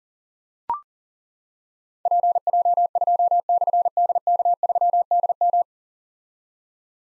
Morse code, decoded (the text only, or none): PJ2/DK3DM